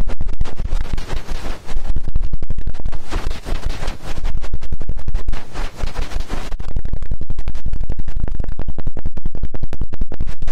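Ear cleaning massage sounds: loud, dense scratching and rubbing that fills the first six and a half seconds with rough, crackly friction. After that it turns into a rapid, regular run of sharp ticks and taps, steady until the end.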